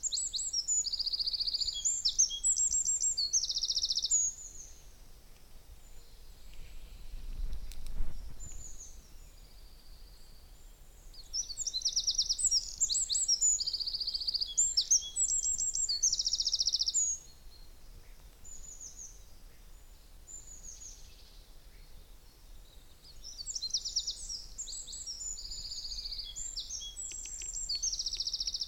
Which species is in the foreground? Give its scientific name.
Troglodytes troglodytes